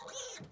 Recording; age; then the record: pig call; piglet (1 to 25 days)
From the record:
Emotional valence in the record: negative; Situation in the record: long isolation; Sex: female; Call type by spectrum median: high-frequency call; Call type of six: mixed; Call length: 0.52 s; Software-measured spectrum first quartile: 1032 Hz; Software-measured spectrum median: 3401 Hz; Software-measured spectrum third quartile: 6107 Hz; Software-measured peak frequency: 514 Hz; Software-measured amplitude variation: 124 dB a second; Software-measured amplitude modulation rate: 23.2 a second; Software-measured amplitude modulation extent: 5.3 dB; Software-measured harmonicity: 3.3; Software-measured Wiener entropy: -2.40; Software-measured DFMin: 535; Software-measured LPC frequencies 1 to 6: 604, 1394, 3175, 3746, 6145, 6647 Hz